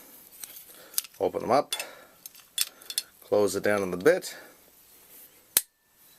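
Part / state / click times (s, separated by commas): locking pliers jaws clamping onto a screwdriver bit / seated / 5.6 s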